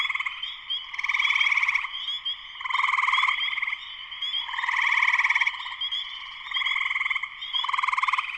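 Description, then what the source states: Spring peepers in full voice, a constant high peeping backdrop broken by recurring louder bursts of fast, buzzy pulses. Full chorus shortly after sunset, Sleeping Bear Dunes National Lakeshore, northern Michigan, USA.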